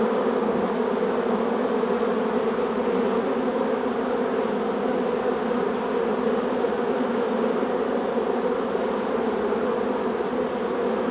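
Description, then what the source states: Honey bees buzzing inside a hive, a dense steady drone with a low hum that never stops, many wings blending into one continuous sound. Honey bees in a beehive.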